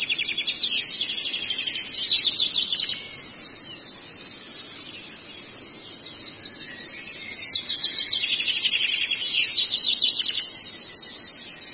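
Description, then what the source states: Long-tailed shrike giving two bursts of loud, scratchy high twittering, each a few seconds long, separated by a quieter stretch of soft hiss. Training recording (masteran) of the long-tailed shrike for teaching songbirds.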